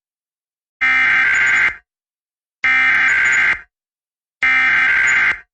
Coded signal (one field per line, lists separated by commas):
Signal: Emergency Alert System (SAME) tones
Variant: header bursts